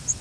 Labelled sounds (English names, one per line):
Yellow Warbler flight call